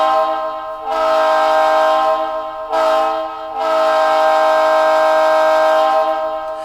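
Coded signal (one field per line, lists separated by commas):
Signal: train horn signal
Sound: chime-like train horn sounding four blasts: long, long, short, then a long one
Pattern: long, long, short, long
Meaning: Train approaching a grade crossing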